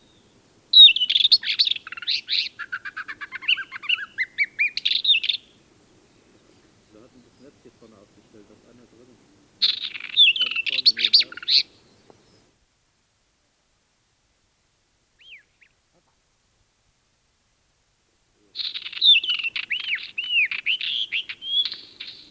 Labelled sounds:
Isabelline Wheatear (Oenanthe isabellina) song
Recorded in the wild
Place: Wüste Gobi, MN
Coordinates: 42.795, 105.032
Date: 1979-06-01 04:50
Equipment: Nagra III BH, Sennheiser MD 21, parabola
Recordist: Schubert, Michael

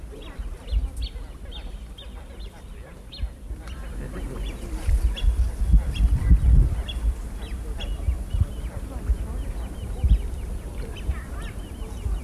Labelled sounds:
Great Crested Grebe (Podiceps cristatus) call
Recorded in the wild
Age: diverse
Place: Liepnitzsee, Naturpark Barnim, Brandenburg, DE
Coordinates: 52.7489, 13.5111
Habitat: lake
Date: 1989-08-22 20:10
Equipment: Riporter 6 RG-K, Sennheiser MKH 416 T, Halbspur
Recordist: Frommolt, Karl-Heinz

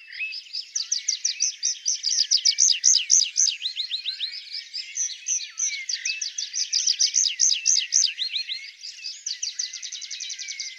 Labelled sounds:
Tree Pipit (Anthus trivialis) song
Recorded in the wild
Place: Oberrotweil am Kaiserstuhl / Weinberge, Baden-Württemberg, DE
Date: 1992-05-07
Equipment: Dat-Recorder Casio DA 7, Telinga DAT, Telinga-Parabolspiegel
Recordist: Schwarz, Dieter
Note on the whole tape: Song

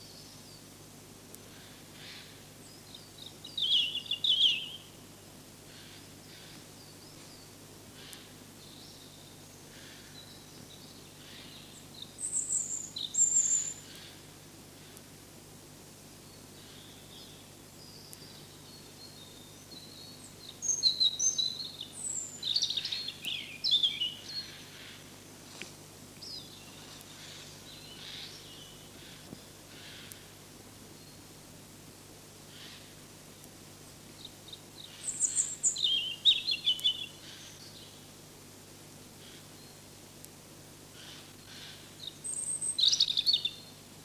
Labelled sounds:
European Robin (Erithacus rubecula) song
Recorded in the wild
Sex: male
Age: adult
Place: Hermsdorfer Forsten, Berlin, DE
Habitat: high forest
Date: 2006-04-15 12:40
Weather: sunny, 9°C
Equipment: Grundig CR 110, Sennheiser ME 80, Kopie Uher 4000 Report Monitor
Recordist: Tembrock, Günter

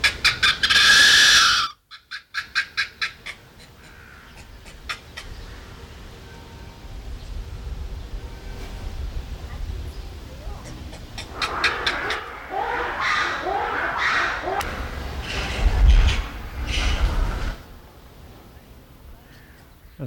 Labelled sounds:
Mandrill (Mandrillus sphinx)
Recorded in captivity
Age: juvenile
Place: Zoo Berlin, Berlin, DE
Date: 1995-07-22 17:49
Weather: heiter, 20-22°C
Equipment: Sony WM-D6C, Sennheiser ME 80, Kopie Uher 4000 Report Monitor
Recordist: Tembrock, Günter
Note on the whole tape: Laute eines Jungtieres (1 Jahr alt), geduckt vor Männchen (dunkle Laute)

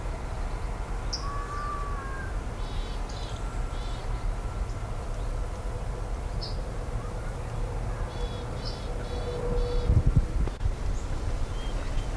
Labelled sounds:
Yellowhammer (Emberiza citrinella) call
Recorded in the wild
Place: Plön, Holsteinische Schweiz, Schleswig-Holstein, DE
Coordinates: 54.161, 10.426
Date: 1992-09-23 14:35
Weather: heiter bis wolkig, Wind, 16-22°C
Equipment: Marantz CP 430, Sennheiser ME 80, Kopie Tesla B 116
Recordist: Tembrock, Günter

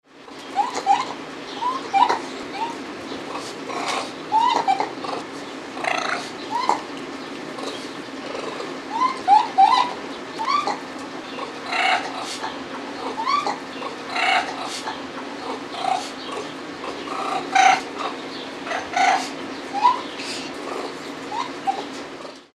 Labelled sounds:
Raccoon (Procyon lotor)
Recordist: Tembrock, Günter
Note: Lautäußerungen eines Paares

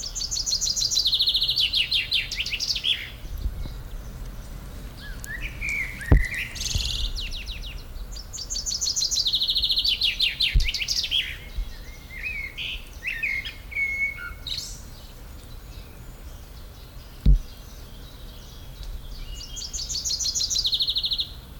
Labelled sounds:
Common Chaffinch (Fringilla coelebs) song
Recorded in the wild
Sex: male
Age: adult
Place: Potsdam-Telegrafenberg, Brandenburg, DE
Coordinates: 52.3814, 13.0644
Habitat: park
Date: 1996-06-07 19:30
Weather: sunny
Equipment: Sony MD-WM MZ-R3, Sennheiser MKH 416 T, Kopie Uher 4000 Report Monitor
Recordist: Tembrock, Günter

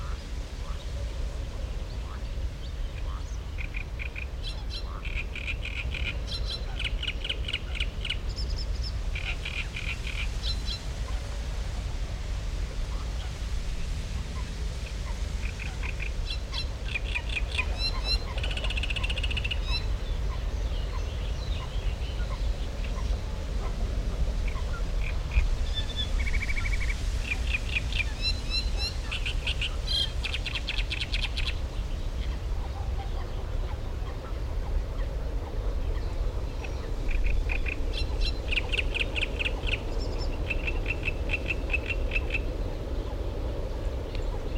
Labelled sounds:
Common Nightingale (Luscinia megarhynchos)
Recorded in the wild
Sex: male
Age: adult
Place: Karower Teiche, Naturpark Barnim, Berlin, DE
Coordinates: 52.624, 13.462
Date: 1993-05-20 10:08
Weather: heiter, 22-25 °C
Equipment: Marantz CP 430, Sennheiser ME 80, Kopie Uher Variocord 263
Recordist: Tembrock, Günter

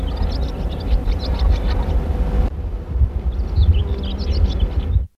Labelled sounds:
Western Black-eared Wheatear (Oenanthe hispanica) song
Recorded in the wild
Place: Thessaloniki, Zentralmakedonien, GR
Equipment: Halbspur, 9,5 cm/s
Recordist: Lütgens, Hans
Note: Gesang

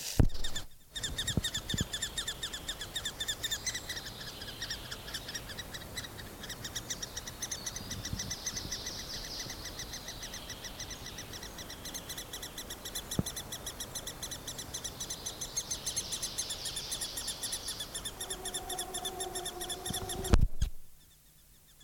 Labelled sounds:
Great Spotted Woodpecker (Dendrocopos major) call
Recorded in the wild
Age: juvenile
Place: Mühlenbeck, Brandenburg, DE
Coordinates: 52.667, 13.37
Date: 1992-05-23 11:28
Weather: 23-24°C, böiger Wind
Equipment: Nagra SN, Mikrofon AKG CK 8, Kopie Tesla B 116
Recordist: Tembrock, Günter
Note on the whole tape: Mühlenbecker Wald; Laute aus einer Höhle (Junge); keiner der Altvögel wurde gesehen

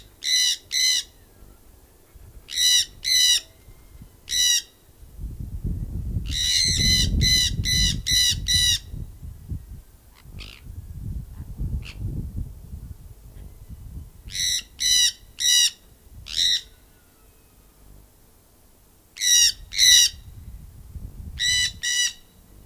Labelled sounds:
Jandaya Parakeet (Aratinga jandaya) call
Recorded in captivity
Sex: group
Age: adult
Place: Tierpark Berlin, Berlin, DE
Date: 2000-12-21 15:35
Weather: bedeckt, 0°C
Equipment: Nagra SN, Kopie Uher 4000 Report Monitor
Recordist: Tembrock, Günter

